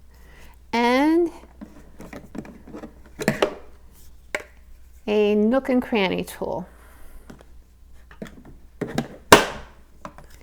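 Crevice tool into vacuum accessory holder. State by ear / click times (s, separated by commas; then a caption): seated / 9.3 s. A plastic crevice (nook and cranny) tool is fitted into its onboard storage clip on a Sanitaire EON Allergen SC5505A upright commercial vacuum while someone talks. Light plastic handling clicks come before a loud, sharp snap at 9.3 s, when the tool seats firmly in the holder.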